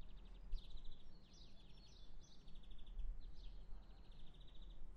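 Bird song of rapid high chirps and sliding whistled notes followed by a fast trill, heard over a low rumbling background.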